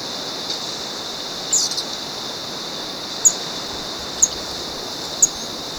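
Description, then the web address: Western emerald calling with isolated high, sharp chip notes at irregular intervals, plus a short cluster of notes early on, over steady hiss. Ecuador. "Natures Songs S America Birds of Ecuador. Western Emerald"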